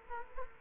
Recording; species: mosquito wingbeat signal from an infrared sensor; Culex quinquefasciatus